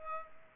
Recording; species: mosquito wingbeat signal from an infrared sensor; Culex pipiens